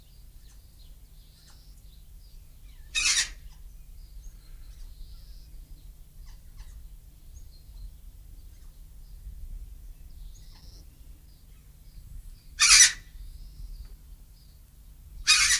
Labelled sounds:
Major Mitchell's Cockatoo call
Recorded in captivity
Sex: female
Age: adult
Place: Zoo Berlin, Berlin, DE
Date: 2007-03-30 15:15
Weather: sonnig, 17°C
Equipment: Sony WM-D6C, Sennheiser ME 80, Kopie Uher 4000 Report Monitor
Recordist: Tembrock, Günter
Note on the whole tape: Weibchen: Lautfolgen

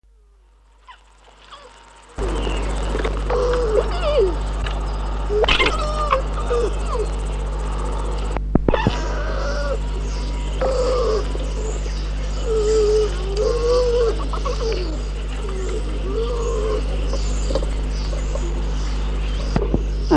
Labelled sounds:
Red Fox
River Warbler
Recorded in the wild
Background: Locustella fluviatilis
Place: Matsalu, Nationalpark Matsalu, Lääne, EE
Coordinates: 58.7667, 23.7167
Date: 1967-08-31 20:00
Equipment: Tesla Uran
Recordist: Jung, Norbert
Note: Zwei Jungtiere und im Hintergrund ein Schlagschwirl

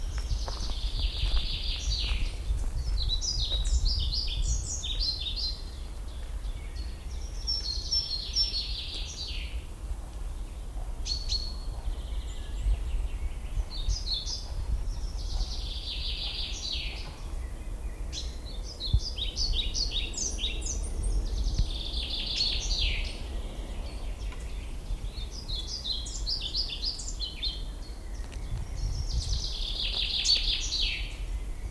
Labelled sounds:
Common Chaffinch song
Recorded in the wild
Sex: male
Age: adult
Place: Lanke, Brandenburg, DE
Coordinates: 52.76, 13.54
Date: 1995-04-30 18:55
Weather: heiter 14-15°C
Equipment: Marantz CP 430, Sennheiser ME 80, Kopie Uher 4000 Report Monitor
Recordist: Tembrock, Günter

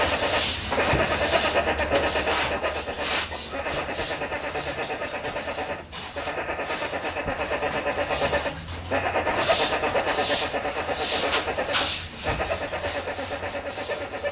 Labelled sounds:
Sun Bear call
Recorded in captivity
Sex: female
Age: juvenile
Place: Tierpark Berlin, Berlin, DE
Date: 1967-09-24
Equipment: Uher 4000 Report-S, Transistorverstärker II, Sennheiser MD 421
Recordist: Tembrock, Günter
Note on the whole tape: Laute eines 15 Tage alten Jungtieres. Abstand ca. 3 m. Aufnahmen von 9 - 13 Uhr

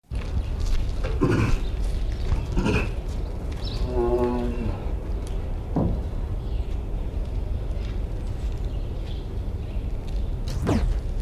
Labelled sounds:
Tiger
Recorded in captivity
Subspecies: altaica
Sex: male
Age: adult
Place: Tierpark Berlin, Berlin, DE
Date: 1974-01-13 10:10
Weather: sunny, ca. 5°C
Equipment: Uher 4200 Report Stereo, Sennheiser MD 421, Verstärker
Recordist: Tembrock, Günter

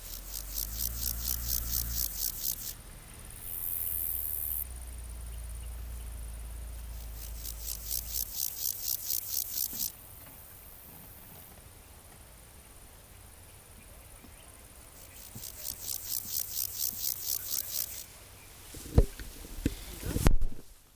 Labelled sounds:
Water-meadow Grasshopper stridulation
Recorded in the wild
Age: imago
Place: Schildow, Kindelwald, Brandenburg, DE
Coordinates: 52.64, 13.34
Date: 1998-08-20 16:12
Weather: sonnig, 27°C
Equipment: Marantz CP 430, Sennheiser ME 80, Kopie Uher 4000 Report Monitor
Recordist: Tembrock, Günter

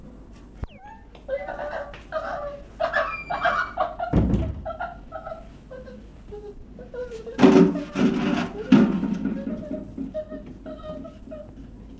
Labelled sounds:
Western Gorilla call
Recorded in captivity
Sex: female
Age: juvenile
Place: Tierpark Berlin, Berlin, DE
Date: 1965-08-30 15:00
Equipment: R 21, Dynamisches Mikro 21a
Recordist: TSA

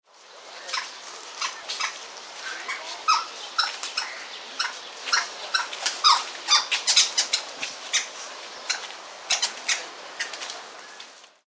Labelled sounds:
Scarlet Ibis
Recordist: Tembrock, Günter
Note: Rufe am Nest

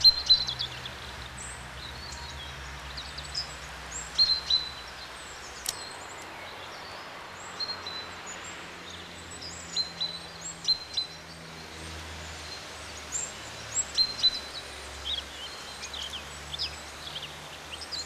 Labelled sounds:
Great Tit song
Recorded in the wild
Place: Kaiserslautern, Rheinland-Pfalz, DE
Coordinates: 49.4286, 7.77861
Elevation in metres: 279
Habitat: garden
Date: 1986-03-29
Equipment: Uher 4000 Report, Sennheiser MKH 815 T
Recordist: Tretzel, Erwin

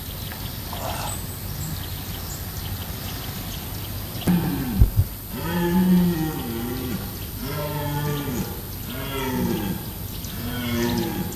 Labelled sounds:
Red Deer roaring
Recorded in captivity
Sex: male
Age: adult
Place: Hermsdorf, Wildgehege, Berlin, DE
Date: 2005-09-25 12:30
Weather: sunny, 21°C
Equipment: Panasonic RQ-2102, Sennheiser ME 80, Kopie Uher 4000 Report Monitor
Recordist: Tembrock, Günter

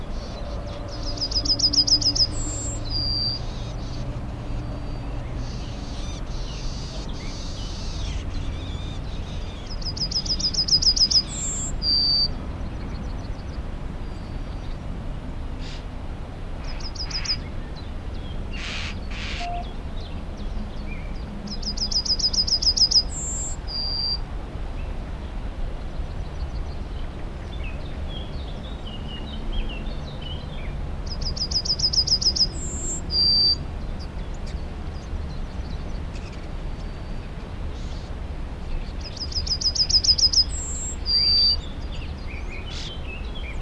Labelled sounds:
Yellowhammer
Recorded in the wild
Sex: male
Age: adult
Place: Runding, Bayrischer Wald, Bayern, DE
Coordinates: 49.2156, 12.7822
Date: 2004-06-30
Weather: heiter, 15°C, schwacher bis mäßiger Wind
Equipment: Tascam DA-P1, Sennheiser MKH 70, Windkorb
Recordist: Frommolt, Karl-Heinz

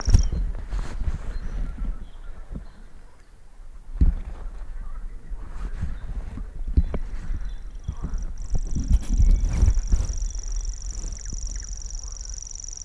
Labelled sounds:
Common Grasshopper Warbler song
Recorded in the wild
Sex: male
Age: adult
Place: Gartz (Oder), Nationalpark Unteres Odertal, Brandenburg, DE
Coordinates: 53.1463, 14.366
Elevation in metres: 1
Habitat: meadow
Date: 2014-05-07 22:05
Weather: cloudy, 18°C, almost windless
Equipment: Sound Devices 702, Sennheiser MKH 70, Rycote Windschutz
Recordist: Frommolt, Karl-Heinz

